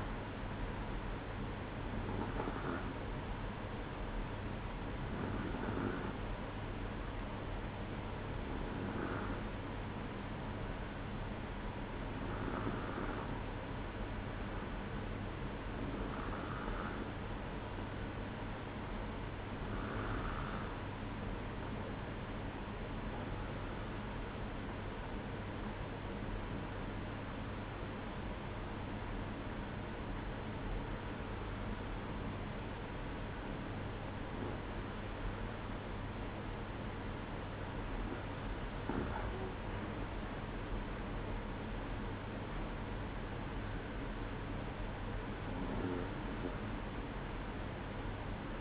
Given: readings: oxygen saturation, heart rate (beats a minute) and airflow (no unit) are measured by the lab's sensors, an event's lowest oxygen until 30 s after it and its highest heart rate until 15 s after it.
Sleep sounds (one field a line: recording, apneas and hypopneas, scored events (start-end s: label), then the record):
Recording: breathing in sleep by a voice recorder at the bedside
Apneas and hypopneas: 1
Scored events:
20.00-38.70 s: hypopnea (N2, oxygen 94% highest, then 93% lowest, heart rate 61 at the start, 63 highest)
31.00-48.61 s: new sleep stage, N1 (lightest sleep)
From the record:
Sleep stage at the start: N2 (light sleep)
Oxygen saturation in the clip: 92 to 94%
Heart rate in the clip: 59 to 63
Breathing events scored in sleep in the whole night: 305 in 9.6 hours asleep